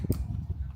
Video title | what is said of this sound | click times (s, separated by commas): DEWALT 20-volt Max 1/2-in Keyless Brushless Cordless Drill - Model #DCD793D1 | half an inch you hear it click | 0.0 s, 0.1 s